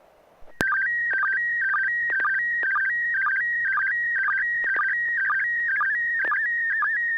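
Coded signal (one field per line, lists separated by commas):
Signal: SSTV (slow-scan television)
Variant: PD 120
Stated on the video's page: SSTV net on an FM repeater on 441.300 MHz, images sent with MMSSTV software.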